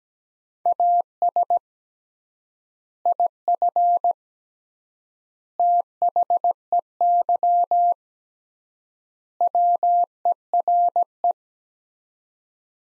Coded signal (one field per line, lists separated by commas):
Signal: Morse code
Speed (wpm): 17 wpm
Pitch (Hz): 700 Hz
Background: none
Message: AS IF THEY WERE